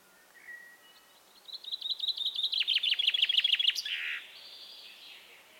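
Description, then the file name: Common chaffinch song preceded by a short single note; a rapid trill of repeated notes ends in a buzzy flourish. "Fringilla coelebs"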